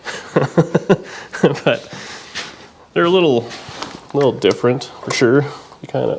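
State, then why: Not seated. While new spark plug wires are routed on a Camaro V8, a spark plug wire boot is pushed by hand toward its terminal on the distributor cap or spark plug. Someone talks throughout. The clip ends before the boot goes home, so nothing has seated or clicked yet.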